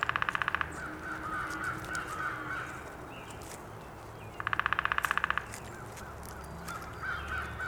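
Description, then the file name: Downy woodpecker drumming: two rapid, even rolls, each up to about a second long, several seconds apart, with another bird's repeated whistled notes between them. Recorded on 19 April 2019. "2019-04-19 Downy Woodpecker"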